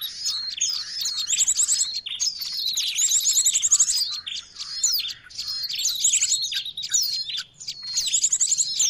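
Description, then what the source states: Birds call in noisy bursts of sharp notes and quick high trills, separated by brief lulls. Noisy bird chatter used as a lure (pikat) for catching birds.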